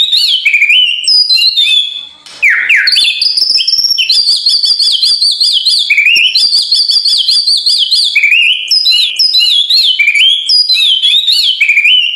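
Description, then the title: White-rumped shama song, a fast, almost continuous stream of varied high whistles and twittering notes, rich and rolling. Training recording (masteran) of full, continuous rolling song (ngerol) with sharp, forceful phrases (nembak). "Masteran Murai Batu Full Ngerol Nembak"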